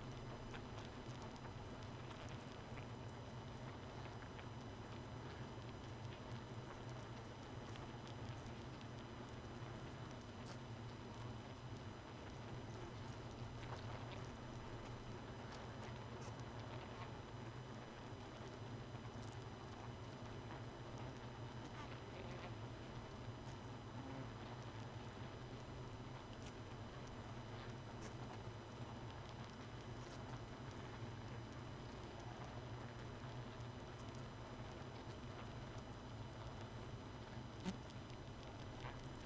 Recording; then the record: honeybee colony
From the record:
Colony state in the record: missing queen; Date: 31 May 2018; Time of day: 1:08